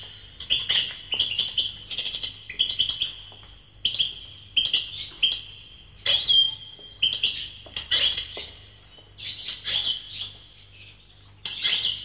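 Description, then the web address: Bird giving repeated high chirps and short twittering bursts, spaced irregularly. "animali uccelli uccelli birds"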